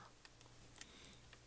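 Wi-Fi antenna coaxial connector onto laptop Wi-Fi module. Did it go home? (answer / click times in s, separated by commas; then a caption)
no / none. A small coaxial snap connector on the Wi-Fi antenna cable is lined up and pressed with a fingernail toward the Wi-Fi module socket inside an HP Chromebook 11 G5 laptop. Faint, sharp ticks come at about 0.3, 0.4 and 0.8 seconds over a low steady hum. Nothing has seated or clicked into place yet.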